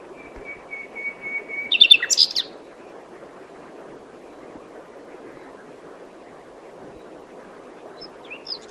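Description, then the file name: Common nightingale song phrase: a long thin steady whistle, then a brief burst of harsh rapid notes, followed by quiet with a soft high note near the end. "Luscinia megarhynchos"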